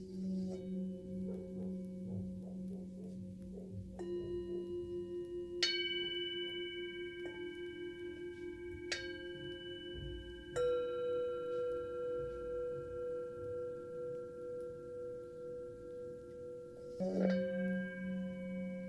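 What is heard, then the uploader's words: A Tibetan singing bowl hums with a low wobbling drone while struck tones ring out every few seconds, each sustaining long over a steady base. ASMR Tibetan singing bowl.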